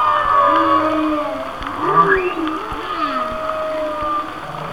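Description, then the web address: Singing whale giving a quick upward-sweeping cry near two seconds, surrounded by sliding moans and a sustained higher tone. "Natures Songs Whale Songs Whale Songs- Mike Mc Donald"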